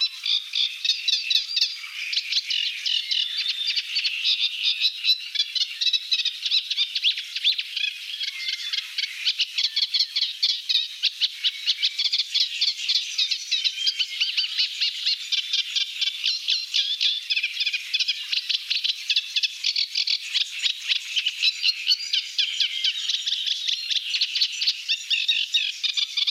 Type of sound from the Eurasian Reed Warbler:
song